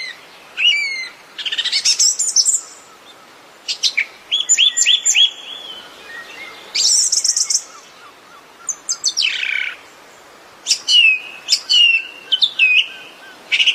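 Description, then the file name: Thrush song in short varied phrases of clear whistles and chirps, separated by short pauses. "طائر السمنة"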